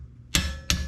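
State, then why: Torque reached. A torque wrench tightens a second brake caliper bolt on a Porsche 911 rear brake upgrade until it clicks at its setting, with sharp metallic clicks at 0.4 s and 0.7 s over a quiet low hum. The bolt is confirmed torqued.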